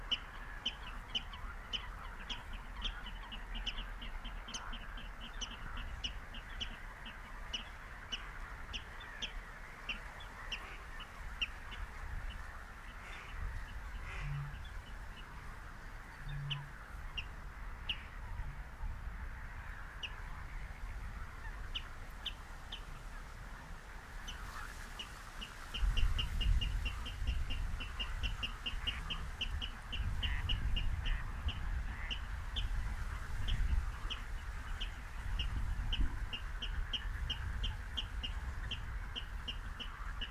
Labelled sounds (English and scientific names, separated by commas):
Water Rail (Rallus aquaticus)